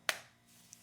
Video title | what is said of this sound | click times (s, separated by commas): TVD Steam Cleaner: Beats Grime Without Chemicals? [Demo] | Hear the click. | 0.1 s